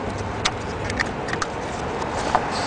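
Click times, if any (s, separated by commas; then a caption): 0.5 s. The wiring harness plug of a 1999–2004 Volkswagen Jetta headlight is pushed into the back of the headlight housing after the light is slid back in. A sharp click at 0.5 s, when the connector is confirmed seated, is followed by a few fainter taps and clicks over steady background noise.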